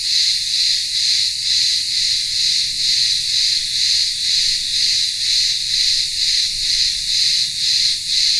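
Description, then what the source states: Cicadas in a shrill droning chorus, pulsing regularly about twice a second without pause. Cicadas in the town square of a remote village on Ikaria island, Greece, in the midday heat.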